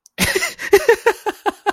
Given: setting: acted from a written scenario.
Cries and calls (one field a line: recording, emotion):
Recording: vocal sound without words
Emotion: amusement